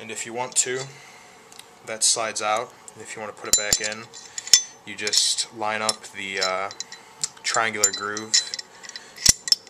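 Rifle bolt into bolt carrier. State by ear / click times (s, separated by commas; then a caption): seated / 9.5 s. Someone talks while the bolt of an AK47 rifle is lined up with the triangular groove and slid into the rifle's steel bolt carrier, with light metallic clicks and scrapes. The bolt locks in place with a sharp metallic click at 9.5 seconds.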